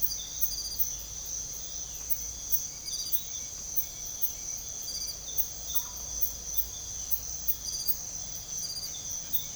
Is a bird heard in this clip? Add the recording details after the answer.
no. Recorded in secondary vegetation near Puerto Asís, Putumayo, Colombia, on 21 March 2025 at 06:00. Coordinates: 0.489, -76.322. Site G042